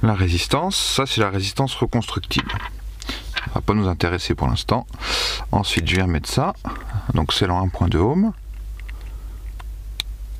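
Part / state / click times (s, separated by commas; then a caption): atomizer coil into pod cartridge / seated / 10.0 s. Someone talks, then pushes a 1.2 ohm coil into the plastic pod cartridge of a SMOK RPM Pod vape kit. A few faint handling ticks follow as it goes in. A sharp click at 10.0 s marks the coil seating and clipping into place.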